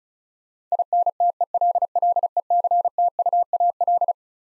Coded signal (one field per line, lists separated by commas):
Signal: Morse code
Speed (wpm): 36 wpm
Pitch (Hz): 700 Hz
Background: none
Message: INTELLECTUAL